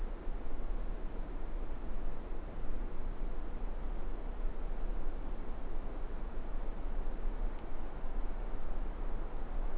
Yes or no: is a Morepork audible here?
no